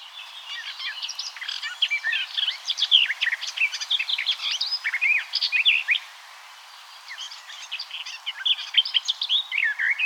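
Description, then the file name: Eurasian blackcap warbling song: a long, busy phrase of fast, varied chirps and whistles for six seconds, a brief gap, then another rapid chattering phrase. "Sylvia atricapilla"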